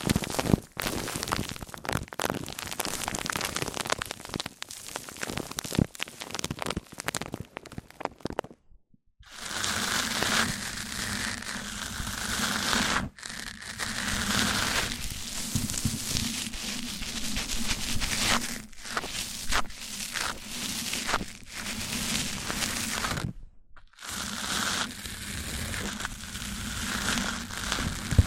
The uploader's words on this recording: ASMR MIC ON MIC Triggers Richer Sounds, Intense Tingles! (No Talking).